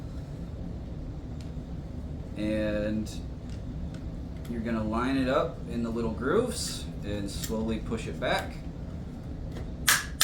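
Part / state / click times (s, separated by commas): LED fog light retrofit adapter/wiring into OEM fog light housing / seated / 9.9 s, 10.2 s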